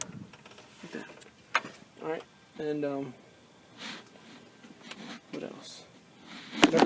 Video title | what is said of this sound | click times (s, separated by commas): 93 Cherokee XJ Exhaust Manifold Replacement | make sure both sides clicking into place like that | 0.0 s, 1.5 s